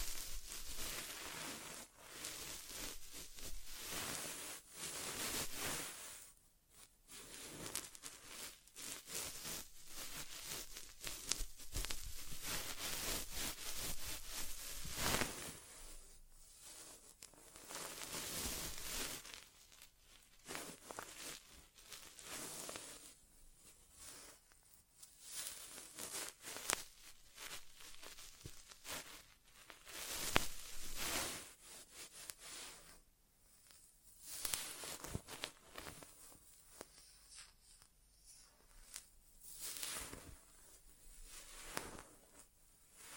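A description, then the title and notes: An ASMR inner ear exam without talking: bursts of scratchy rustling and crinkling come and go irregularly, with frequent quiet pauses between them. ASMR Inner Ear Exam (No Talking).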